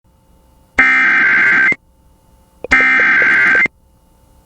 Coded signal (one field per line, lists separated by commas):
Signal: Emergency Alert System (SAME) tones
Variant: header bursts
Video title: (EAS #15) California TORNADO WARNING on KALT-FM